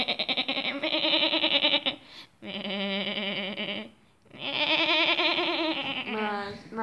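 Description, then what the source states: Goat bleating repeatedly, long shaky nasal bleats running almost back to back with short gaps between them. Young female goat.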